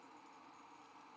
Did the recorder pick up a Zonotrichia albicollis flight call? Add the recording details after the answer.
no. No flight call is heard. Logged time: 05:20 on 5 December 2014